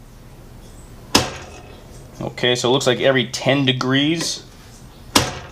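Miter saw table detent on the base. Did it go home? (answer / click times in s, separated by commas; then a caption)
yes / 5.2 s. The miter table of a DeWALT DW715 12-inch single bevel miter saw is swung across the scale on its base, and someone talks while a sharp click sounds at 1.1 s. At 5.2 s the table drops into the 15° positive stop with a sharp metal click, and the miter detent locks in at 15°.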